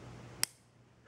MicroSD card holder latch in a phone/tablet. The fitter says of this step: and you hear that click and it loosens up and it